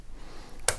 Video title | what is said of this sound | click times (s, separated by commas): How to Install and Remove RAM from a Desktop PC | and we press down until you hear the snap you want these back on they don't pop out | 0.7 s